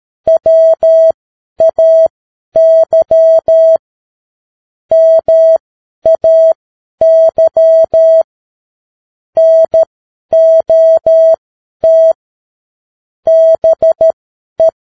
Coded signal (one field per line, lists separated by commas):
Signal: Morse code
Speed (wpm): 13 wpm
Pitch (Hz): 650 Hz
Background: none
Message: WAY MAY NOT BE